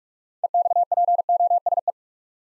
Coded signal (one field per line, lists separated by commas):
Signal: Morse code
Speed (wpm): 41 wpm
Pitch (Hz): 700 Hz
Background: none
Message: EXPOSE